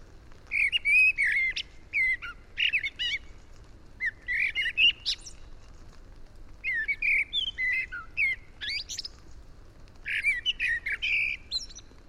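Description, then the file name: Common blackbird delivering several fluted phrases, each tipping into high, squeaky twittering, with brief pauses between them. "Turdus merula"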